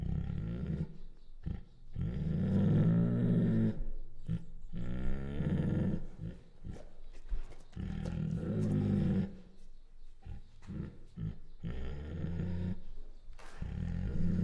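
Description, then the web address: Bengal tiger making a series of low, rumbling growls and wavering whines, broken by quick breathy snorts, continuing through most. Female Bengal tiger; chuffs, growls and whines. "Sound Ideas Tigers Sound Effects"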